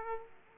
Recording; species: mosquito wingbeat signal from an infrared sensor; Aedes aegypti